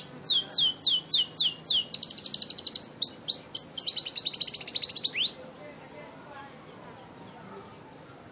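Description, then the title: Scotch Fancy canary song: a series of falling whistles, then a fast dense trill and more descending notes, ending in a few seconds of quiet. Scotch Fancy canary singing actively (gacor) in an elaborate cengkok mewah (luxurious melodic phrasing) song style. "Cengkok Kenari Mewah. KENARI SCOTCH FANCY GACOR CENGKOK MEWAH"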